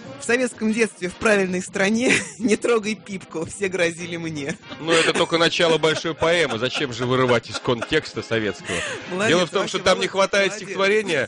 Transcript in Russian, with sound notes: В советском детстве, в правильной стране «Не трогай пипку!» - все грозили мне.
(Хохочет) Ну, это только начало большой поэмы. Зачем же вырывать из контекста советского? Дело в том, что там не хватает стихотворения,